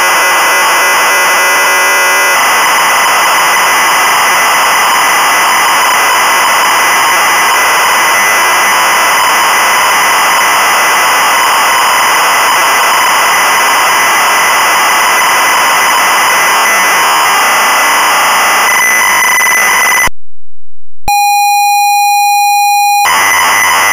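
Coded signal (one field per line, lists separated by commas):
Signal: ZX Spectrum tape loading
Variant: Sinclair ZX Spectrum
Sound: twenty seconds of harsh screeching data, brief silence, then a steady buzzing lead tone, then screeching again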